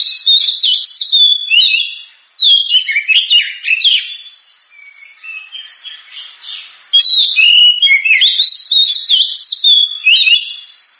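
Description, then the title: Oriental magpie-robin singing long bursts of fast, jumbled whistles and chattering notes, pausing briefly, then resuming with an equally rich, varied outpouring. Champion bird's song. "Kicau Burung Kacer Juara"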